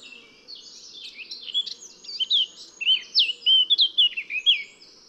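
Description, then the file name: Eurasian blackcap delivering a continuous lively warble, quiet scratchy notes at first, then loud, clear, varied whistles tumbling quickly together. "Sylvia atricapilla"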